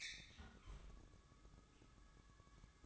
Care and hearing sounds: daily activity, microphone in the room; close fridge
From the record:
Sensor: 3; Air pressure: 1007.7 hPa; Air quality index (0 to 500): 53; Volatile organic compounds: 1 ppm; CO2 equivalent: 590 ppm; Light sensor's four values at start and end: 13/31/13/13 and 13/31/13/13

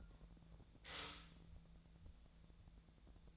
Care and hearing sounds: daily activity, microphone in the room; stop toaster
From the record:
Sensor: 3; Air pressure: 1000.2 hPa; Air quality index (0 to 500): 158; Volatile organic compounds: 3 ppm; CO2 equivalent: 1392 ppm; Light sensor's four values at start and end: 29/74/30/33 and 28/73/30/32

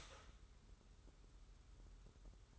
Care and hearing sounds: daily activity, microphone in the room; start toaster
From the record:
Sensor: 3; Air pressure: 994.5 hPa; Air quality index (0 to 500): 202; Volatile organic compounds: 1000 ppm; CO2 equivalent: 6719 ppm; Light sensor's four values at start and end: 198/476/201/200 and 198/476/201/200

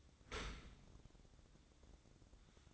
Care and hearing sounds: daily activity, microphone in the room; open dishwasher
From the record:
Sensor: 3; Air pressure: 1012.3 hPa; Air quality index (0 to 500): 164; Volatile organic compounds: 2 ppm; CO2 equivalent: 1260 ppm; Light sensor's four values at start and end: 565/1393/576/578 and 566/1395/577/579

